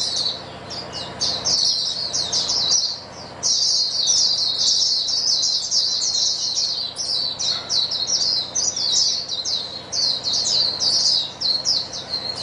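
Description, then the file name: White-eyes chattering in chorus, with sustained high-pitched twittered phrases, overlapping and jumbled, and a few short dips in activity. Chorus of many white-eyes singing together. "paduan suara pleci"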